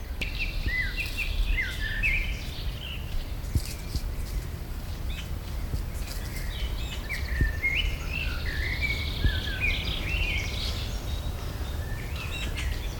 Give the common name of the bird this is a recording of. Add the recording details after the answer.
Common Blackbird. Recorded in the wild. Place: Schloßpark Niederschönhausen, Berlin, DE. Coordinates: 52.58, 13.4. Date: 1996-05-18 12:58. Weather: sonnig, 17°C. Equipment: Sony MD-WM MZ-R3, Sennheiser MKH 416 T, Kopie Uher 4000 Report Monitor. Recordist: Tembrock, Günter